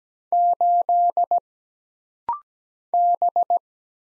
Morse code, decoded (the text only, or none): 8 B